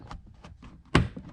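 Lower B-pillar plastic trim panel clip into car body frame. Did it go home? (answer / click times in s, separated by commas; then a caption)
yes / 1.0 s. The lower plastic B-pillar trim panel on a Honda Fit or Jazz is pressed back over the seat belt area onto the car's metal body frame, and its bottom clip snaps in with a sharp, loud click at 1.0 s. Two softer taps come first, at about 0.1 s and 0.4 s. The bottom clip is seated.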